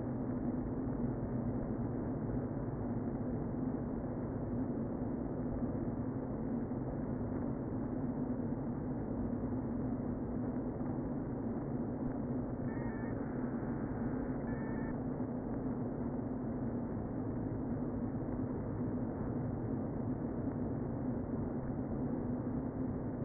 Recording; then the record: honeybee colony, microphone inside the hive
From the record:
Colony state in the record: queen present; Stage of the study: before two queens were removed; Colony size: about 60,000 bees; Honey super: yes